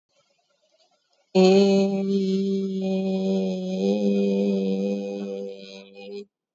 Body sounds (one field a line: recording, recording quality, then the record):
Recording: sustained vowel as in made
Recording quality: excellent, no background noise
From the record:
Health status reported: exposed to COVID-19, no respiratory illness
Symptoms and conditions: none ticked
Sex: female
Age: 35 years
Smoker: not ticked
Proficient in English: yes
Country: India